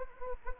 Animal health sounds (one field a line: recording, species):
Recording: mosquito wingbeat signal from an infrared sensor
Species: Anopheles gambiae